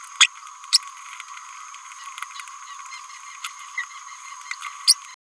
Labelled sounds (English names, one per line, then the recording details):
Green-rumped Parrotlet babbling
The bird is a male
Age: 29 days
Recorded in a nest box in Venezuela
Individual 17B102A4